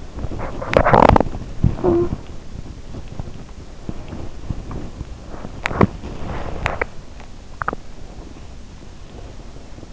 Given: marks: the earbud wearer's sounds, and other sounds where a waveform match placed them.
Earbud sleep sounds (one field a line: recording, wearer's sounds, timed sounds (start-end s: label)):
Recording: sounds in sleep by an in-ear microphone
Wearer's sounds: teeth grinding, talking in sleep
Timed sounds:
0.00-1.39 s: teeth grinding
1.53-2.46 s: talking in sleep
3.73-7.82 s: teeth grinding